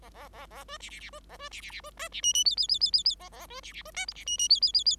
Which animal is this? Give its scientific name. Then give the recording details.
Lonchura striata domestica. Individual Bird5